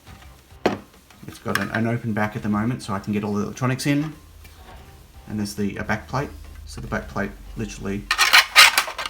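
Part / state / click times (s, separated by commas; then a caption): back plate into the rear opening of a small electronics enclosure / seated / 8.8 s. Someone talks while a back plate is slid into the open rear of a small electronics enclosure, left open so the electronics can fit inside. A scraping rub is heard as it slides, then a sharp snap at 8.8 s as the plate clicks into place, seated.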